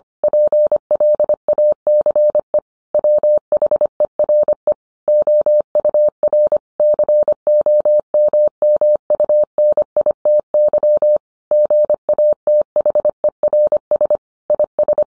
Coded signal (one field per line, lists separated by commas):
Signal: Morse code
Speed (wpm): 25 wpm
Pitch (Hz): 600 Hz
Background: none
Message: PLACE WHERE OUR COMMUNITY GATHERS IS